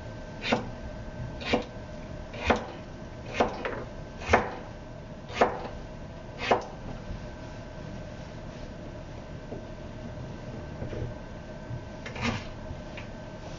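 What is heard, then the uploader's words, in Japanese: Vegetables being cut with a knife while making curry. Sharp chopping strikes land roughly once a second for the first seven seconds, then pause, with a few softer taps near the end. A steady low hum runs underneath throughout. 野菜を切る。カレーを作っている途中で野菜を切っている音。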